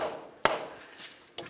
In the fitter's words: okay so while i was bonking it in i could hear a couple light bulbs and then i heard like a nice deep bonk that essentially tells me that i'm in as far as i can go